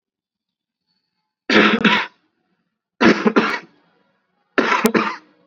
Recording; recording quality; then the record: heavy voluntary cough; excellent, no background noise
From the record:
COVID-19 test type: RT-PCR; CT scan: not taken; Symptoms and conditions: cough, sore throat, fever, fatigue, muscle pain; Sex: male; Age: 21 years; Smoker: no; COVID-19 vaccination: both doses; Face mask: worn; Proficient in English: yes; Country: India